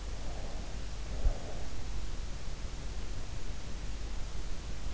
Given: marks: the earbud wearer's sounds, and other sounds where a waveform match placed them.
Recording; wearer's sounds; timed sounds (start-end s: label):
sounds in sleep by an in-ear microphone; breath
0.42-1.91 s: breath